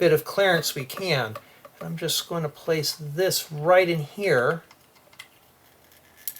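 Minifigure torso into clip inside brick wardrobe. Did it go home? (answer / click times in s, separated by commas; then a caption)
no / none. A LEGO minifigure torso, its arms pushed back for clearance, is handled and placed toward a plastic clip inside a brick-built wardrobe while someone talks. After the talking stops, a few small, sharp handling ticks come at about 5.1, 5.2 and 6.3 seconds, but nothing has seated or clicked into the clip yet.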